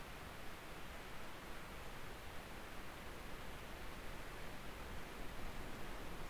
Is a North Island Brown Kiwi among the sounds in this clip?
no